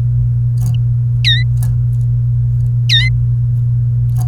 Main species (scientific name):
Serinus canaria